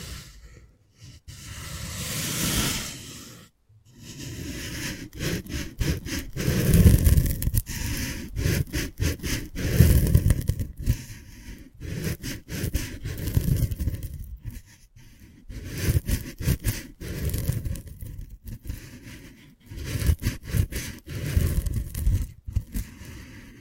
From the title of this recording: 3D panoramic ear picking with various props